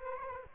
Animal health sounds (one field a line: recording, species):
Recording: mosquito wingbeat signal from an infrared sensor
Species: Aedes aegypti